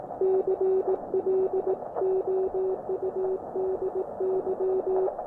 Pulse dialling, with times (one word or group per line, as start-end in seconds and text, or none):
none